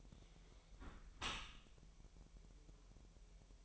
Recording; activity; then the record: daily activity, microphone in the room; close dishwasher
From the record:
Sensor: 1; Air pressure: 1000.4 hPa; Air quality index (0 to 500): 246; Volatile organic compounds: 139 ppm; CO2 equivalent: 3974 ppm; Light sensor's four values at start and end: 11/27/11/12 and 11/27/11/12